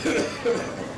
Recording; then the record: coughing mixed with background sound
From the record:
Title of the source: Spring Cold Coughing 3